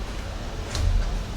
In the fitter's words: And once it starts connecting into the other tabs, you'll hear it click.